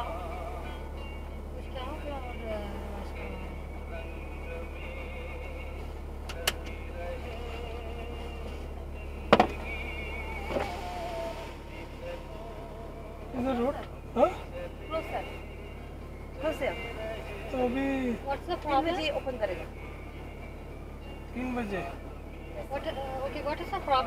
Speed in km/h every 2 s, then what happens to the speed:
0, 0, 0, 0, 0, 0, 0, 0, 0, 0, 0, 0.
0-24 standing.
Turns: none.